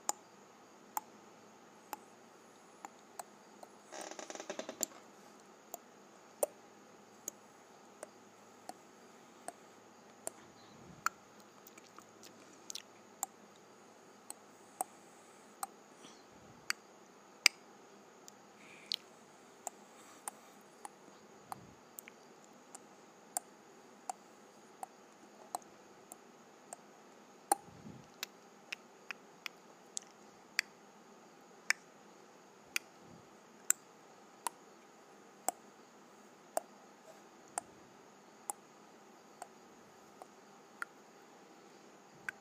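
Sharp tongue clicks pop out one at a time, roughly every second or so but at an uneven pace, some louder than others. Beneath them runs a low, steady hum, with a short hissing burst near the five-second mark and a few soft low thumps.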